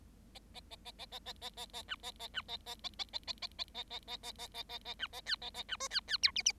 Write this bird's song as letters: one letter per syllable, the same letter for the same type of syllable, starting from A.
A A A A A A A A A A B A A B A A A A A A A A A A A A A A A A B A C A A B D C C E F F